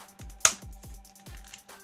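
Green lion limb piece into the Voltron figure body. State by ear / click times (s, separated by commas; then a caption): seated / 0.5 s. A green lion limb, a plastic piece notched to fit only one way, is pushed with some effort onto a Playmates 16-inch electronic Voltron Legendary Defender figure over a background of repeating descending electronic tones and a steady hum. It seats with a single sharp snap at 0.5 s, followed by a faint tick near 1.5 s.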